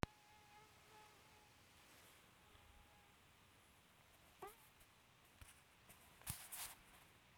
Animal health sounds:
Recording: mosquito flight sound by mobile phone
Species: Aedes sierrensis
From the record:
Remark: free flight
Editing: field recording with all noises

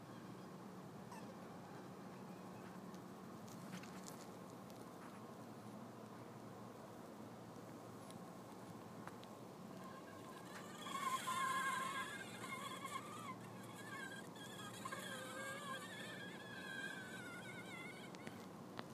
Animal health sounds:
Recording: mosquito flight sound by mobile phone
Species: Anopheles farauti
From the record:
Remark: in a tube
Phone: iPhone 4S

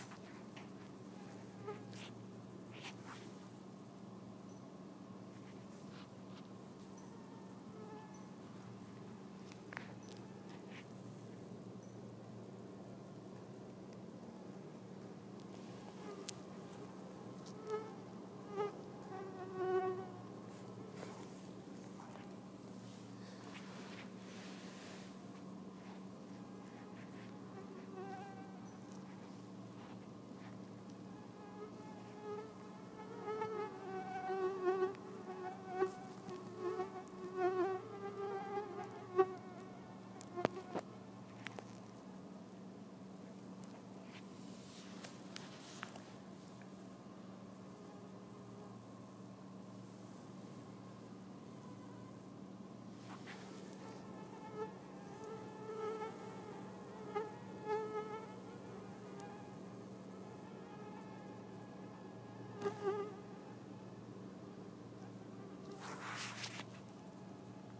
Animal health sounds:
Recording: mosquito flight sound by mobile phone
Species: Anopheles freeborni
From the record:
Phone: iPhone 4S

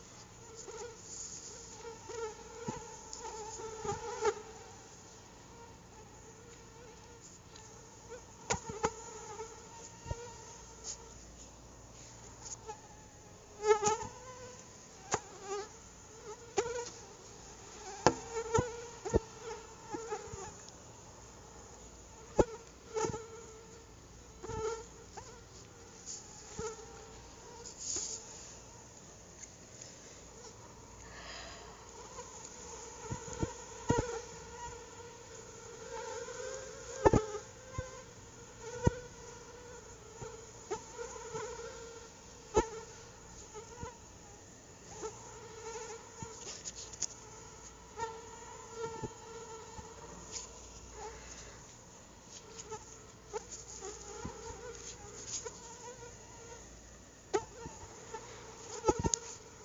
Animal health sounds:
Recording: mosquito flight sound by mobile phone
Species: Anopheles atroparvus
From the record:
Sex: female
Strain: EBRO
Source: CDC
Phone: Google Nexus

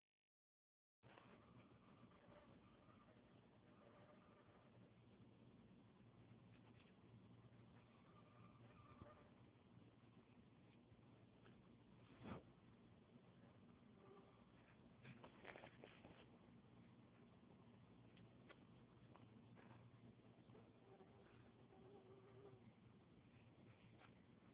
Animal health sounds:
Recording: mosquito flight sound by mobile phone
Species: Anopheles freeborni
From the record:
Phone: Huawei 866C

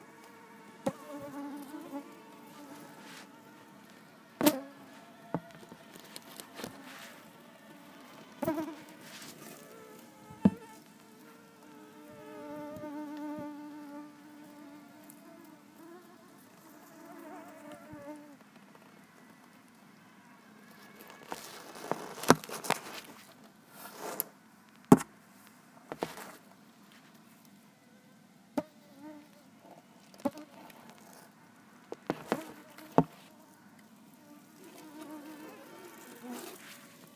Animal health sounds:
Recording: mosquito flight sound by mobile phone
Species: Culex tarsalis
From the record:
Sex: female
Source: PrakashLab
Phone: iPhone 4S

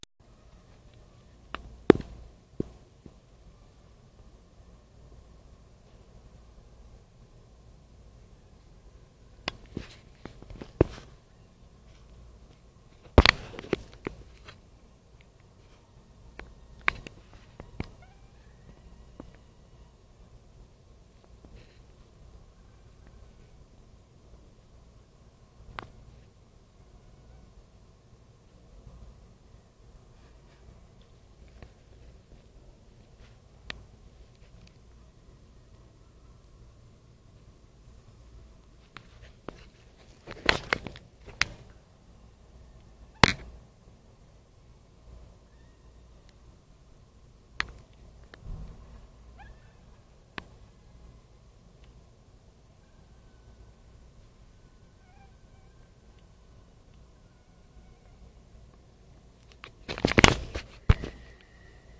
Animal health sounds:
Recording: mosquito flight sound by mobile phone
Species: Anopheles minimus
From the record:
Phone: Nokia 5235

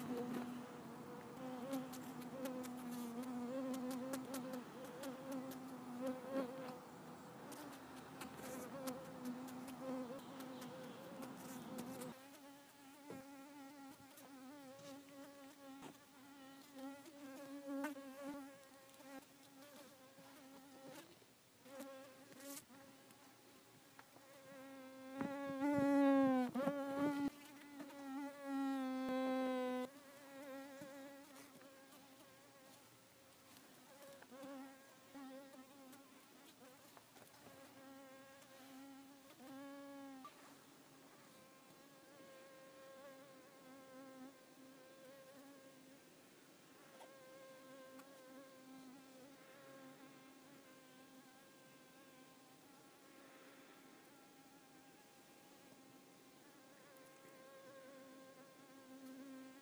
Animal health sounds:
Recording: mosquito flight sound by mobile phone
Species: Culiseta incidens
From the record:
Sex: female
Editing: snipped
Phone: iPhone 4S

